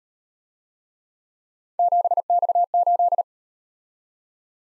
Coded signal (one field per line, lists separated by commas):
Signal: Morse code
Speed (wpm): 37 wpm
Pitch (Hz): 700 Hz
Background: none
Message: 7X8